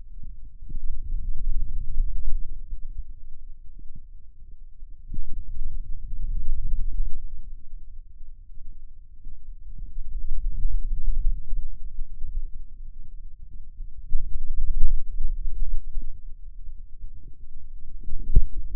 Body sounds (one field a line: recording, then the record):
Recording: forearm muscle sounds (acoustic myography)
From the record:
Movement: finger pinch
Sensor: system 2, bracelet of six BSWA MPA416 microphones around the upper forearm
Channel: 5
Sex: male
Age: 22 years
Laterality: right